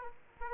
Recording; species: mosquito wingbeat signal from an infrared sensor; Aedes aegypti